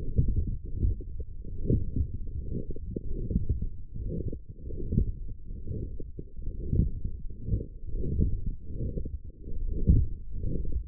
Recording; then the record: forearm muscle sounds (acoustic myography)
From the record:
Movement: forearm pronation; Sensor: system 1, eight BSWA MPA416 microphones around the upper forearm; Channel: 7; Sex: male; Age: 23 years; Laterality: right